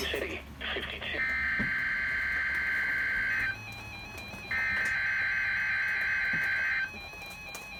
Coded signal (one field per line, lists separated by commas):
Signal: Emergency Alert System (SAME) tones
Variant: header bursts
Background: speech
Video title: Required Weekly Test EAS# 44